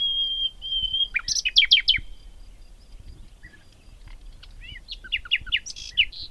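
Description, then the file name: Common nightingale song opening with pure whistled notes, then a few loud, quickly repeated falling chirps, softer notes, and a later run of sharp, quickly repeated elements. "Luscinia megarhynchos"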